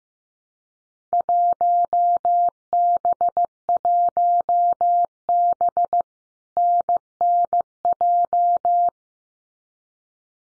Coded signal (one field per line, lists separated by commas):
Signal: Morse code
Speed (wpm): 15 wpm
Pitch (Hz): 700 Hz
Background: none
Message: 1B1B NNJ